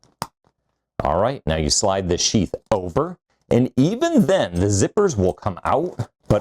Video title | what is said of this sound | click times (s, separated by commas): PacSafe Backpack Review: The Ultimate Anti-Theft 26L for Travel? | All you have to do to get in, push this up. You'll hear a click. | 0.2 s